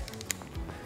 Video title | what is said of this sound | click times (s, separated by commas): MTB products I kinda like! | comes out and then the part that makes it the click clicks into place magnetically | 0.3 s